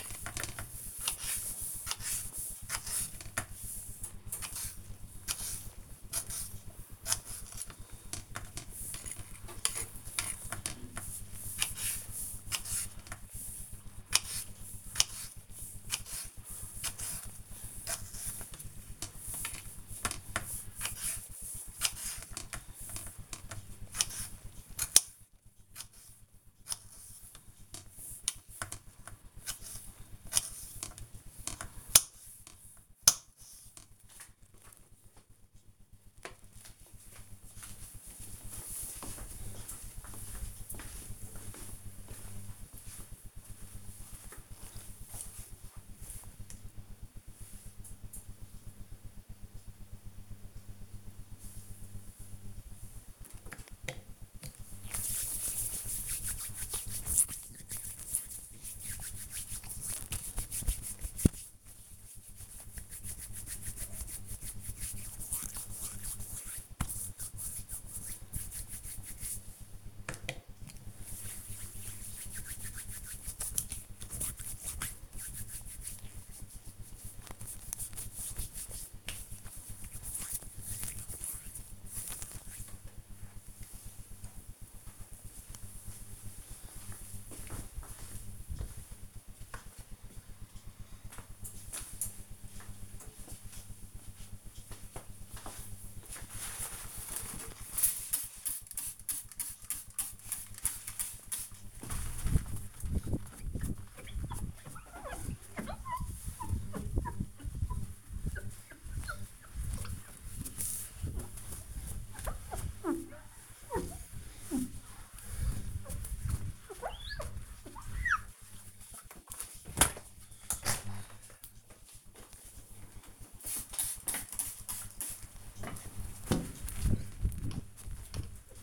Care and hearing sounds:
household activities, microphone on the right wrist
0.00-34.59 s: cutting vegetables
52.74-81.98 s: disinfecting hands
97.10-128.63 s: window cleaning
111.38 s: note: voice?

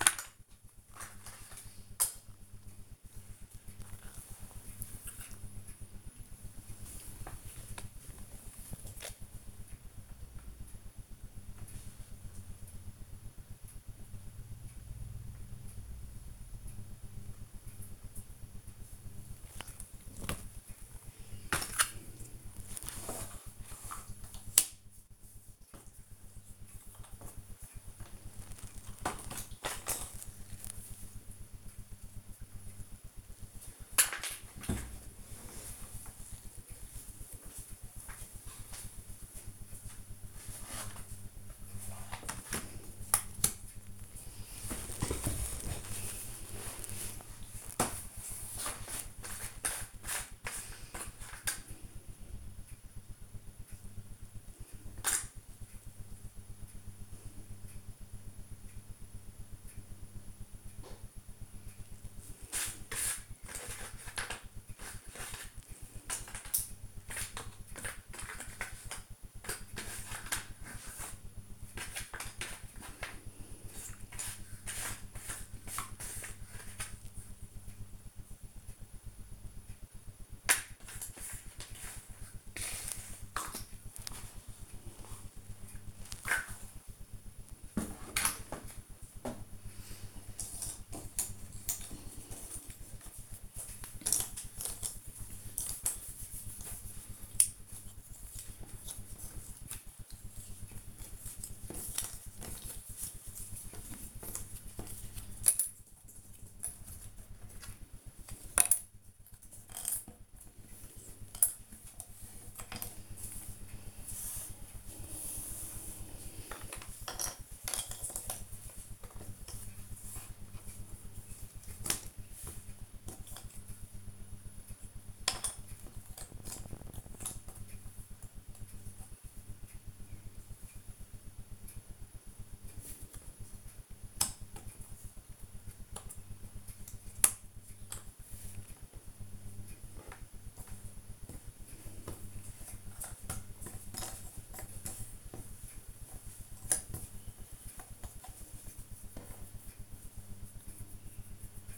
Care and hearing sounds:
household activities, microphone on the right wrist
0.00-107.98 s: doing a puzzle
110.00-151.78 s: doing a puzzle

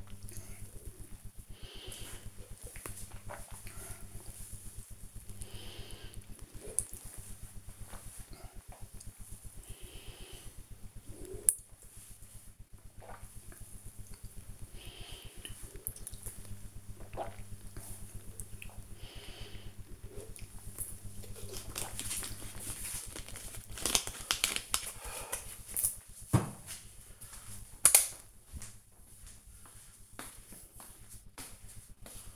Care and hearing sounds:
household activities, microphone on the right wrist
0.00-20.87 s: drinking

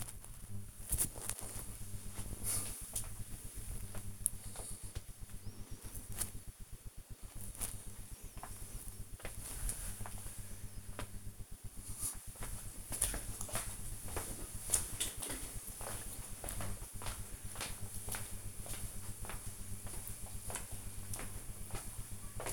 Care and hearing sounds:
household activities, microphone on the right wrist
none

